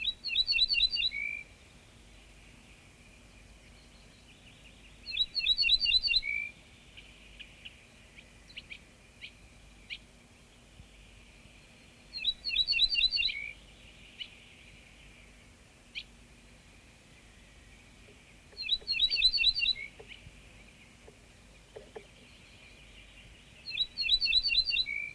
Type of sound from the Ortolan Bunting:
song